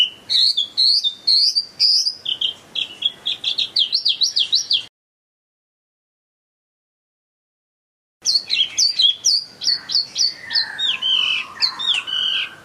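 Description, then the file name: Chinese hwamei song: quick repeated chopping notes, then wavering whistled trills; after a silent pause, more rapid varied whistles. Hwamei in gacor condition, in full song. "audio-hwamei-gacor -omkicau"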